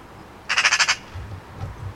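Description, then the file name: Eurasian magpie giving a short harsh chatter of about six rapid rasping notes in half a second, followed by faint low rumbling. "Pica pica"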